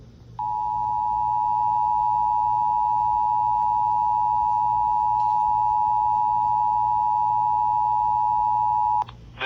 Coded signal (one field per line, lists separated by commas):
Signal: Emergency Alert System (SAME) tones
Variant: 853 and 960 Hz attention tone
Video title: FLASH FLOOD WARNING ON FM RADIO (EAS ALERT 191)